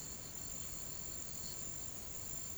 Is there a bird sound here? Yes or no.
no